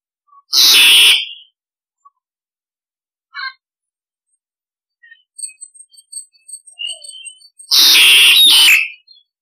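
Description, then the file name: Starling harsh calls: a loud rasping screech, scattered soft chirps and twitters, then another long grating screech. Calls used to lure starlings; described as starlings calling the flock. "Tieng sao da goi bay"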